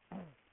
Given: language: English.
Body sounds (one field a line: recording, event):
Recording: throat vibration sensor signal played as sound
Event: throat clearing